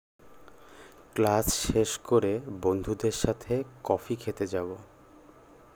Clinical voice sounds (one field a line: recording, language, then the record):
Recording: elicited speech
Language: Bengali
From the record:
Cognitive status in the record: cognitively healthy